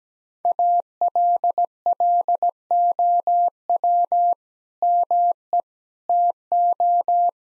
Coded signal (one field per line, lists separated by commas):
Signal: Morse code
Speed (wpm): 17 wpm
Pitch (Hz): 700 Hz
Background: none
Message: ALLOW ME TO